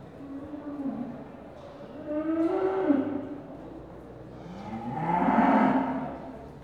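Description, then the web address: Cattle mooing, a few low calls, the loudest coming late, over steady background noise. Cattle in pens at a market. "BBC Sound Effects Library BBC 35-Livestock. Cattle In Pens At Market"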